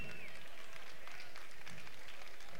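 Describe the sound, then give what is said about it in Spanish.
An audience applauds steadily, a dense, crackling wash of many hands clapping at once that holds at an even, moderate loudness throughout without a break or speech, as a sash and crown are placed on a queen at the 2010 presentation of festival queens in Cuarte de Huerva. “esa foto y ese aplauso.”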